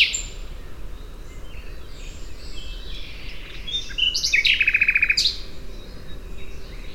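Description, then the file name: Common nightingale song: quiet scattered notes, then a loud phrase with a rapid rattling series of repeated notes ending in a sharp high accent. "Luscinia megarhynchos"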